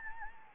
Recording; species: mosquito wingbeat signal from an infrared sensor; Anopheles gambiae